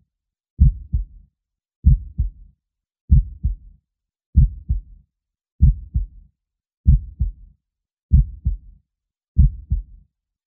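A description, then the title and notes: A heartbeat thumps in a slow, steady rhythm, each beat a low double knock, a stronger thud followed quickly by a softer one. Eight beats fall about every 1.3 seconds, with clean silence between them and nothing else in the background. Calming Heartbeat Sound for Babies.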